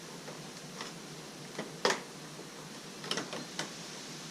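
A small plastic trim cover on the door panel of an R50 Mini Cooper is gently pried with small screwdrivers. Faint scraping ticks lead up to a sharp snap at 1.9 s as the cover pops off its plastic clips, followed by a few lighter clicks around 3.1 to 3.6 s. The cover is released.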